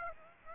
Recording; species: mosquito wingbeat signal from an infrared sensor; Aedes aegypti